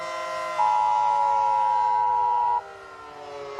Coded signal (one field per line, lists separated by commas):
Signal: Emergency Alert System (SAME) tones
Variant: 853 and 960 Hz attention tone